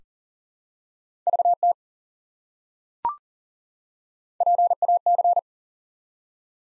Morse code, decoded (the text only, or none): VT PAC